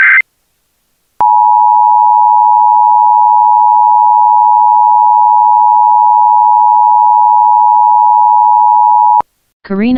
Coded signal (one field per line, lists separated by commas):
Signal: Emergency Alert System (SAME) tones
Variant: 853 and 960 Hz attention tone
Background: speech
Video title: EAS Law Enforcement Warning Western Aleutians Islands, Alaska (Emergency Missing Child Alert)